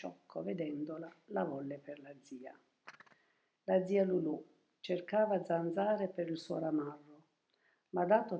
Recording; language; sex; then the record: read passage; Italian; female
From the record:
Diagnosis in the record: healthy control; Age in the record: 72 years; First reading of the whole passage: 67 s, 7.5 characters per second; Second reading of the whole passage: 67 s, 7.5 characters per second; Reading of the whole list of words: 68 s, 4.2 characters per second